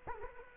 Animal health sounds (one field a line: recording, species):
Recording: mosquito wingbeat signal from an infrared sensor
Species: Culex quinquefasciatus